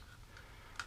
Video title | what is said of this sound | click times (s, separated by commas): Change my mind- Find a better universal holster? Vega T.A.C.S. Holster | once it's clamp you lock it and then that thing is not coming out | 0.8 s